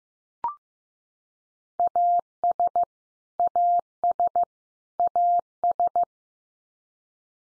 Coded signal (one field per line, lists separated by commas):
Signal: Morse code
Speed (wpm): 15 wpm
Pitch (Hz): 700 Hz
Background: none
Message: AS AS AS